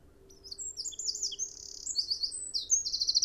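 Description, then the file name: Eurasian wren pouring out a continuous, very high song of quick warbled notes and dry buzzy trills, building from a quiet start and then loud and unbroken. "Troglodytes troglodytes"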